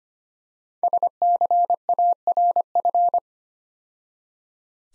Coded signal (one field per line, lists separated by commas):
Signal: Morse code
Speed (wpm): 30 wpm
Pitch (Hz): 700 Hz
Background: none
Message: SCARF